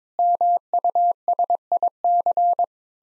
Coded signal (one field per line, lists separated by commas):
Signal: Morse code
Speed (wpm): 22 wpm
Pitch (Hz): 700 Hz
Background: none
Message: MUSIC